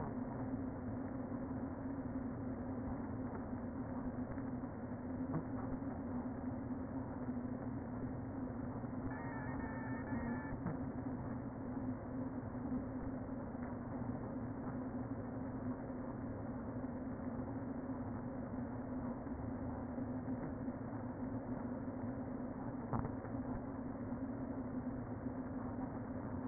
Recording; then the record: honeybee colony, microphone inside the hive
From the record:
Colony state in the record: queen present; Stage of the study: before two queens were removed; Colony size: about 60,000 bees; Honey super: yes